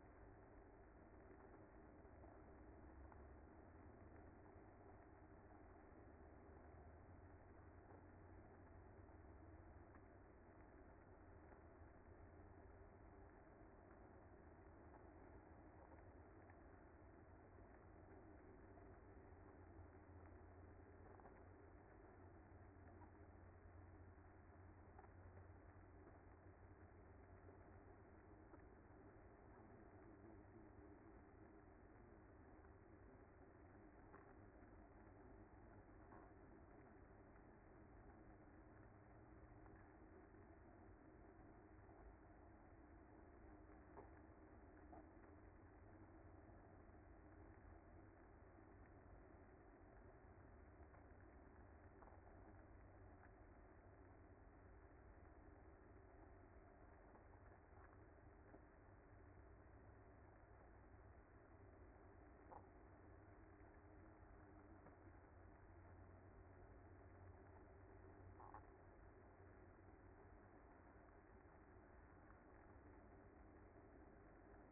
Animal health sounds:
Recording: honeybee colony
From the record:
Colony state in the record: active

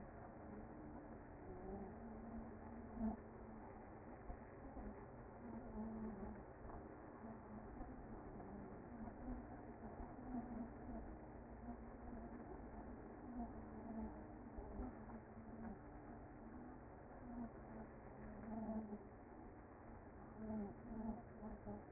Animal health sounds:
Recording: honeybee colony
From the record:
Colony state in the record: active

